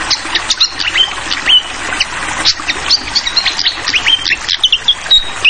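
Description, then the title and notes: Fantail giving a busy jumble of short whistled notes and chips, a few drawn into brief level tones, over trickling water. Clear-voiced song paired with the sound of trickling water, prepared as a tutoring recording (masteran) for songbirds. "Masteran Sikatan Kipas Suara Jernih Dan Suara Gemericik Air. Suara Burung Sikatan Londo"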